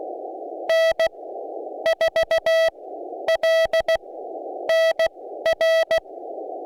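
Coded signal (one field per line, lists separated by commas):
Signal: Morse code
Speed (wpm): 16 wpm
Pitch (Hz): 650 Hz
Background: none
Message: N4LNR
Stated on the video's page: CW operation during Winter Field Day with a club, for multiplier bonuses.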